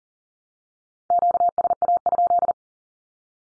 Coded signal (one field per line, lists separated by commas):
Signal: Morse code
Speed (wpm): 40 wpm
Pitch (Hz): 700 Hz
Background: none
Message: QSA?